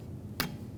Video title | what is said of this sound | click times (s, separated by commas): How to Replace Wiper Blades 2010-2013 Kia Forte Koup | push it up and you can feel it and hear it lock into place give it a little wiggle | 0.4 s